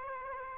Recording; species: mosquito wingbeat signal from an infrared sensor; Aedes aegypti